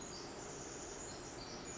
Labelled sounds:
Pacific Wren
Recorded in Sonoma County, California

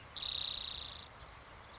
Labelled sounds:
Spotted Towhee
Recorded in Sonoma County, California

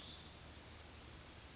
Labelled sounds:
Western Tanager
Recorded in Sonoma County, California

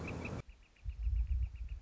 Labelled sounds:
Northern Flicker
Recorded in Sonoma County, California

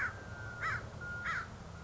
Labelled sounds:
American Crow
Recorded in Sonoma County, California

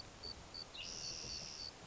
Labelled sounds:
Spotted Towhee
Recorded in Sonoma County, California

